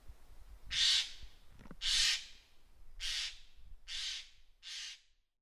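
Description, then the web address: Eurasian jay uttering five harsh, hoarse screeches at roughly one-second intervals, each a broad rasping burst, over a quiet background. Recorded in Kuroda, Wakayama, Japan, 27 October 2014. "koe kakesu 141027 wakayama kuroda"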